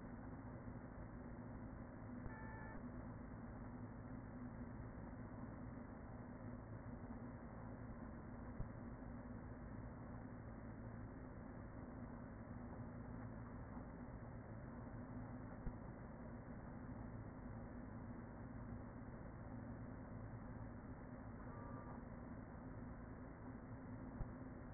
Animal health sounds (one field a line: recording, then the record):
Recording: honeybee colony, microphone inside the hive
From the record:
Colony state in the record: queen present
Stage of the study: after two queens were removed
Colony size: about 40,000 bees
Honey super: no